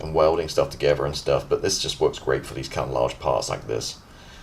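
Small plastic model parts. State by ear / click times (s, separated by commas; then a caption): not seated / none. Someone talks while handling the two injection-moulded plastic tail halves of a 1/32 scale Trumpeter EA-18G Growler model aircraft kit, about to press one tail half into its matching half. The clip ends before the halves go home, so nothing has clicked or seated yet.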